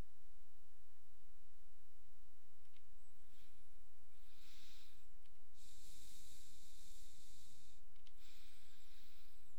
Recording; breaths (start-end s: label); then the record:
nose breathing near a microphone
2.69-5.24 s: inhalation
5.24-7.99 s: exhalation
7.99-9.59 s: inhalation
From the record:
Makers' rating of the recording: medium